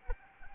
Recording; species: mosquito wingbeat signal from an infrared sensor; Anopheles arabiensis